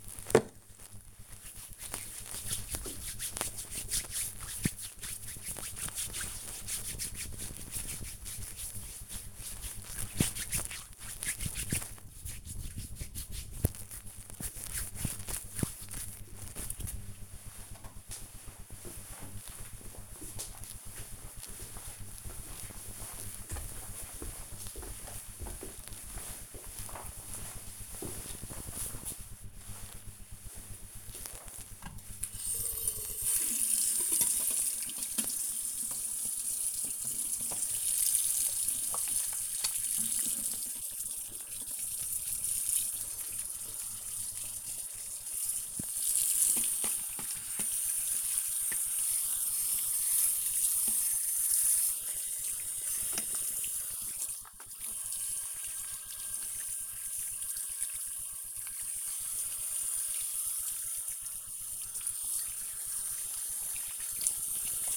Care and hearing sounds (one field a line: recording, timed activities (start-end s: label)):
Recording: household activities, microphone on the right wrist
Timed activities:
0.00-17.10 s: disinfecting hands
29.20-64.97 s: washing hands